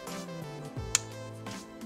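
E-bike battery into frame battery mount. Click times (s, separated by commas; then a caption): 1.0 s. A Tern HSD e-bike battery is placed on its mount on the bike frame and pushed in, with music playing in the background. A single sharp click at 1.0 s stands out clearly above the music. The battery seats in the frame mount.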